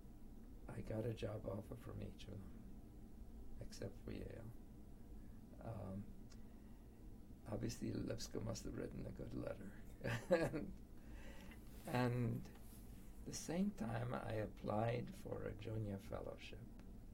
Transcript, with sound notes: I got a job offer from each of them, except for Yale. Obviously, Lipscomb must have written a good letter. [laughter]
And at the same time, I applied for a Junior Fellowship;